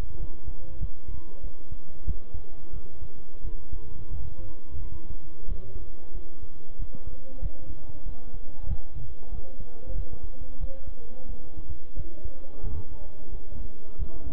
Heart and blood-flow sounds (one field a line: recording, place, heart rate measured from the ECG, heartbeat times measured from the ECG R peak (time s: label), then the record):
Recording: heart sounds by stethoscope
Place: between the tricuspid and mitral areas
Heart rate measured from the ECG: 91 bpm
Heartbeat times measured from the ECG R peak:
0.20 s: heartbeat
0.81 s: heartbeat
1.44 s: heartbeat
2.07 s: heartbeat
2.73 s: heartbeat
3.44 s: heartbeat
4.11 s: heartbeat
4.82 s: heartbeat
5.48 s: heartbeat
6.15 s: heartbeat
6.79 s: heartbeat
7.42 s: heartbeat
8.06 s: heartbeat
8.69 s: heartbeat
9.32 s: heartbeat
9.96 s: heartbeat
10.60 s: heartbeat
11.29 s: heartbeat
11.97 s: heartbeat
12.63 s: heartbeat
13.32 s: heartbeat
13.99 s: heartbeat
From the record:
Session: bicycle stress test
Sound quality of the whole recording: good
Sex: male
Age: 23 years